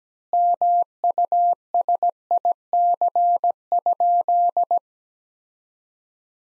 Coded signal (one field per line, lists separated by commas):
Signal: Morse code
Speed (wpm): 17 wpm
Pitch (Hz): 700 Hz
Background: none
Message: MUSIC?